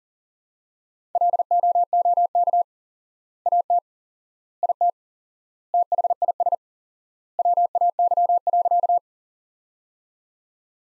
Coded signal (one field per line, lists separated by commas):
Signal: Morse code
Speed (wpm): 40 wpm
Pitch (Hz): 700 Hz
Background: none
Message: LOOK AT IT THIS WAY.